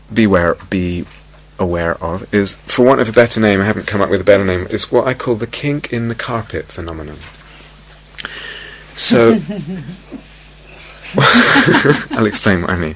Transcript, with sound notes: beware, be aware of is, for want of a better name -- I haven't come up with a better name -- it's what I call the 'kink in the carpet' phenomenon. [laughter] So I'll explain what I mean.